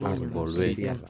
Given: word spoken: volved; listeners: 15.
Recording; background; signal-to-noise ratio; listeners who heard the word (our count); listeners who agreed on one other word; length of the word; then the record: one Spanish word in noise, from a listening test; four-talker babble; 0.0 dB; 0 of 15; 11 of 15; 0.69 s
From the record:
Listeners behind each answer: 11, 2, 1, 1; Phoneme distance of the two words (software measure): 10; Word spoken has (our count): 2 syllables, 6 phonemes, stress on syllable 2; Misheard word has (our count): 2 syllables, 6 phonemes, stress on syllable 2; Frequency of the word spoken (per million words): 0.19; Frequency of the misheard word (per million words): 110.76